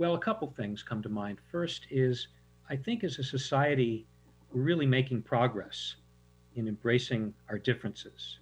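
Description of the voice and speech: A man speaks in a relaxed, low-pitched voice with natural phrasing and brief pauses between phrases. His articulation is clear and his voice is steady, typical of ordinary fluent adult speech. A faint steady electrical hum sits in the background.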